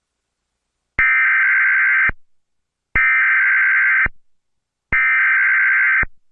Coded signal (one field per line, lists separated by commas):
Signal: Emergency Alert System (SAME) tones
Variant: header bursts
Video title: OH NO IS EAS EMERGENCY TORNADO!!!!!!!!!!! @Zonemovie-n4e